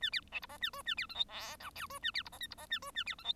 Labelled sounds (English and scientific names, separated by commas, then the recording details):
Bengalese Finch (Lonchura striata domestica) song
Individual Bird1